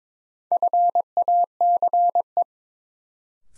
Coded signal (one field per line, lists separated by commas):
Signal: Morse code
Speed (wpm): 22 wpm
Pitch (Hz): 700 Hz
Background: none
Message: FACE